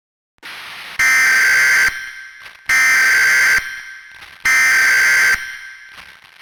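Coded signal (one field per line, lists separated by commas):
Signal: Emergency Alert System (SAME) tones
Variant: header bursts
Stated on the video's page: Fictional EAS scenario.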